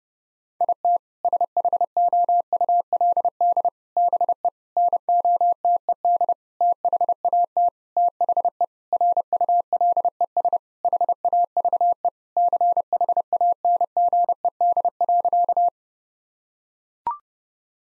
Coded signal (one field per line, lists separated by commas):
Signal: Morse code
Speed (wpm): 30 wpm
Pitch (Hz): 700 Hz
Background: none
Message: IT SHOULD BE NOTED THAT THE RULES HAVE CHANGED.